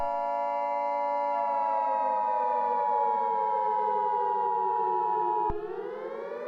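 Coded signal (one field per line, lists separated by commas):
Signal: Emergency Alert System (SAME) tones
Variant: 853 and 960 Hz attention tone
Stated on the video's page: Fictional EAS scenario about global stalking, a simulated alert.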